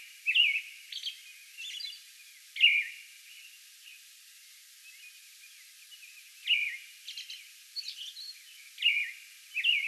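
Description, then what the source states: American robin song, short caroling phrases with thin high notes, given in scattered bursts separated by pauses of a few seconds. Song bout recorded on May 11.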